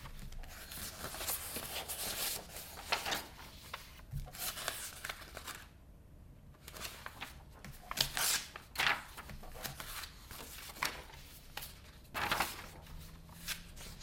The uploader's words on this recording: ASMR Office [ROLEPLAY] Typing, Paper, Clicking sounds.